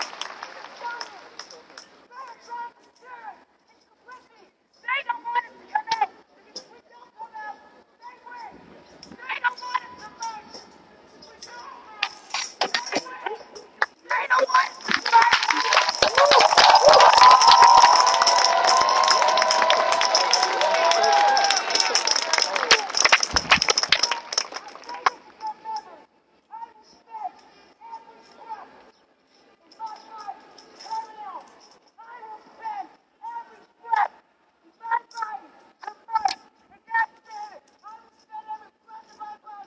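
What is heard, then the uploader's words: Voices at a protest in Niagara Square, with scattered speech and shouts coming in short bursts. From about 14 to 25 seconds a loud, dense roar of cheering and crowd noise swells and holds, then drops back to intermittent talking and calls. Niagara Square Protest in Downtown Buffalo.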